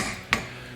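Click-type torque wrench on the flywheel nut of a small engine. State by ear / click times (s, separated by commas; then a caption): torque reached / 0.3 s. A click-type torque wrench tightening the flywheel nut on the small engine of an Echo leaf blower gives a single sharp, bright click at 0.3 s over a steady low background. The click means the wrench has reached its 140 inch-pound setting and the torque specification is met.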